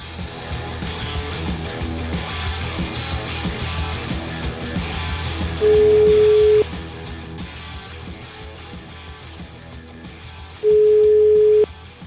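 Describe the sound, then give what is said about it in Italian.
Two steady, mid-pitched ringback tones, each about a second long and spaced several seconds apart, cut in over a continuous rhythmic music bed as a phone call from Radio 24 to PD deputy Puglisi rings before being answered. “Io farei una piccola telefonatina a questa signora Puglisi.”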